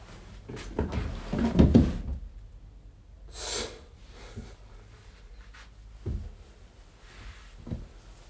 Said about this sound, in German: Zehn Schubladen hatte ich wohl schon aufgerissen.